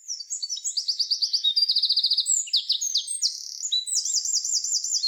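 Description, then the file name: Eurasian wren song: a torrent of shrill, rapid trills and piercing notes running continuously for five seconds, shifting pitch between phrases. "Troglodytes troglodytes"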